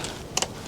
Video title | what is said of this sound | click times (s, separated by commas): How to change Motorbike tyres with Zip ties and ratchet straps + New bead breaker | Doesn't have to be mega tight. Just little click. There you go. | 0.4 s